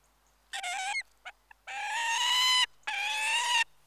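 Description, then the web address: Peregrine falcon producing a short harsh call, two brief clicks, then two long, rasping screeches in quick succession. "BBC Sound Effects Library. Peregrine Falcon"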